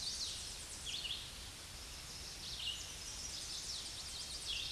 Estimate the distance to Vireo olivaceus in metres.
about 30 m